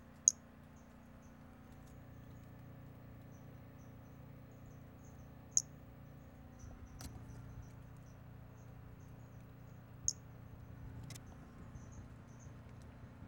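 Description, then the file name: Pumpkin toadlet calling with single sharp, very high-pitched notes, spaced roughly five seconds apart over faint background hiss and hum. Recorded 5 February 2016. "Brachycephalus albolineatus 160205"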